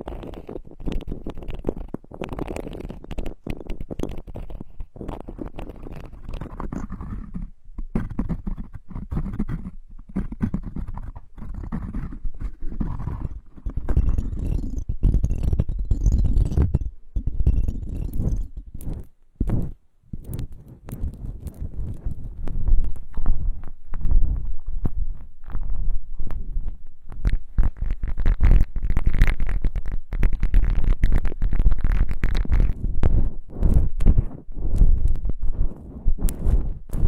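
Book pages turning, a dense run of papery rustles, flicks and soft thumps with barely a pause. The handling is quieter and sparser in the first twenty seconds, with a brief lull near the twenty-second mark, then grows louder and brisker.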